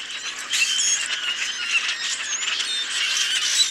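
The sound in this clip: Common grackles in full chorus: a short burst of shrill creaking squeaks and whistled notes from many birds at once.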